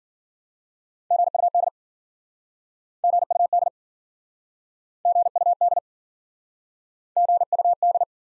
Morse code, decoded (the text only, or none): GUD GUD GUD GUD